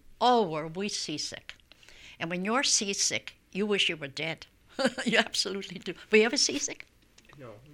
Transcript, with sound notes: Oh, were we sick. And when you're seasick you wish you were dead. (she laughs) You absolutely do. Were you ever sea sick?
No, no.